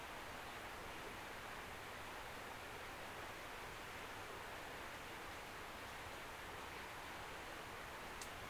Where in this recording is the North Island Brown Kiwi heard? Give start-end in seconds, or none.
none